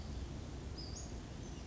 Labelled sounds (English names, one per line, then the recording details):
Western Flycatcher
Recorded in Sonoma County, California